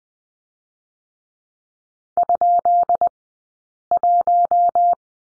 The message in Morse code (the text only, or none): ?1